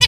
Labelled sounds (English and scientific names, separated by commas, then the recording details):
Zebra Finch (Taeniopygia guttata) hat call
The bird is a male
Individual mal2